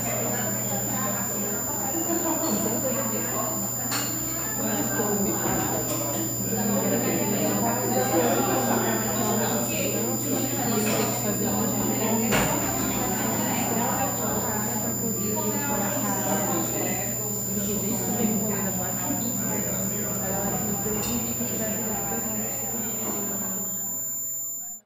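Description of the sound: Steady high-pitched tones and a low hum sit over busy indoor speech, simulating tinnitus in both ears (bilateral tinnitus).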